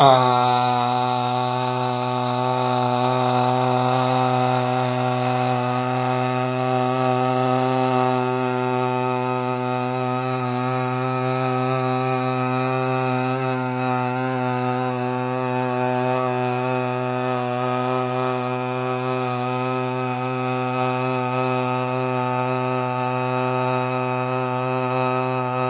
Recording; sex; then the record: sustained vowel /a/; male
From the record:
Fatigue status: no fatigue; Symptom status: asymptomatic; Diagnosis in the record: COVID-19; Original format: 3gp